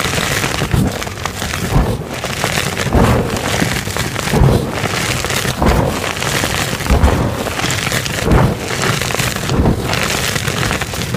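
Chalk blocks are crushed into powder, with a dense, steady crunching and gritty crackle that fills the whole stretch. Sharper crunches land about once a second, standing out from a continuous scraping texture that stays bright and even throughout.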